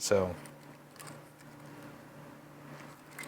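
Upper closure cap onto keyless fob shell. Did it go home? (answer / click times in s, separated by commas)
yes / 1.0 s, 3.2 s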